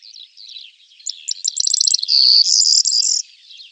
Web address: Schulze Peter Corn Bunting song